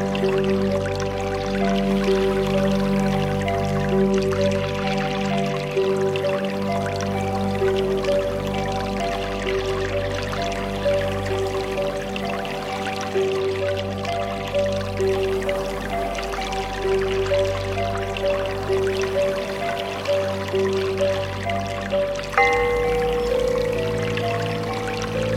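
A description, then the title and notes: Tibetan bowls ring in long, overlapping tones over a steady wash of trickling, dripping water. The level stays even throughout, with low hums swelling and fading underneath, and a fresh, brighter bowl tone enters around the 22-second mark. A Serene Journey Through Nature Sounds and Tibetan Bowls.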